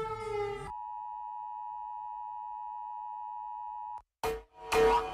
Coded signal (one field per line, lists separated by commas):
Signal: Emergency Alert System (SAME) tones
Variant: 853 and 960 Hz attention tone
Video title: Rating Different Countries EAS Alarms!